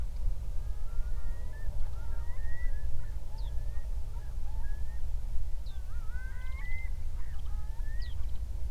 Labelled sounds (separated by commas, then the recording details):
songbird, loon, wind
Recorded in the Prudhoe Bay oil fields, Alaska, on 31 July 2019 at 08:16
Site 24